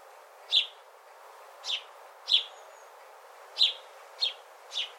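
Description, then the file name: House sparrow chirps, six short bright notes at irregular spacing over a quiet hiss. "Passer domesticus"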